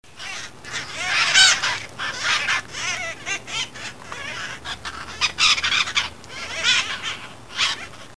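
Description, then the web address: Parrot calls, a busy run of harsh, chattering squawks and rasping notes in irregular bursts, rising and falling in loudness throughout. "animal parrot-call"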